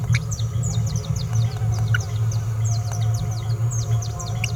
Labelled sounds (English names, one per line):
Green-rumped Parrotlet babbling